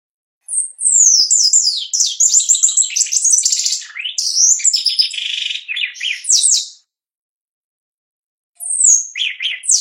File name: canto do chupim